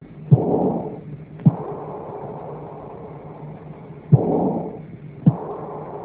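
Adult heart heard by stethoscope: four sharp heart sounds in about six seconds, slow and unevenly spaced, each followed by a rushing, blowing murmur that fades gradually. This is aortic insufficiency, with both systolic and diastolic murmur components.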